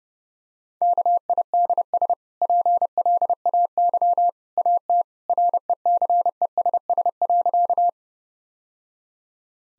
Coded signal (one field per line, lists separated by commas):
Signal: Morse code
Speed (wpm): 30 wpm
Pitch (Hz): 700 Hz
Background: none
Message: KIDS PLAY AT RECESS.